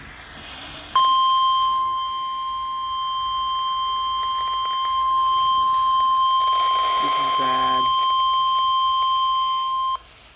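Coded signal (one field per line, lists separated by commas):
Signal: Emergency Alert System (SAME) tones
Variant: 1050 Hz attention tone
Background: speech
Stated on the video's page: Severe weather alerts from a NOAA weather radio transmitter before it went off air for AWIPS upgrades.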